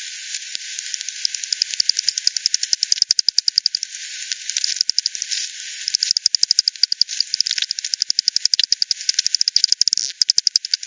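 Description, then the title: Bat echolocation calls: rapid dry ticks in steady runs, briefly pausing then resuming, over a constant hiss. Multiple bats at Hogsmill River, Hogsmill Lane, 7 October 2020 at 18:10; frequency-divided by ten, bandpass filtered and resampled. "bat 20201007 T 18 : 10 Z-Hogsmill-Lane-Hogsmill-River-multiple-bats"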